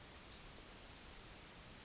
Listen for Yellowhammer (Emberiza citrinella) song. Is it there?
no